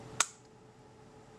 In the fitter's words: que hago a continuación presiono hacia abajo hasta escuchar un clic de los dos seguros sujetadores ya